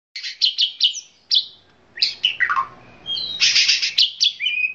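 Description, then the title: Oriental magpie-robin song: quick high chirpy notes, a pause, then descending slurred whistles and a dense burst of bright trills. "Kicau Kacer"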